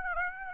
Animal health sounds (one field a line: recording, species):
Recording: mosquito wingbeat signal from an infrared sensor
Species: Aedes aegypti